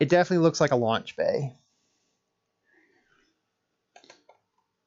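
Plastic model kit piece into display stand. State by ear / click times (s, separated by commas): seated / 4.0 s, 4.1 s, 4.3 s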